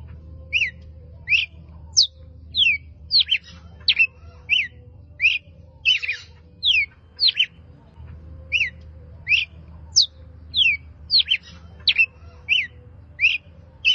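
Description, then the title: Red-cowled cardinal calling with a long run of bright, sharply falling chip notes, irregularly spaced, some doubled, with a faint low rumble underneath. Female; described as calling. "Canto Galo Campina Fêmea. Galo de Campina Chamando para borboletas ( Canto de Pássaros )"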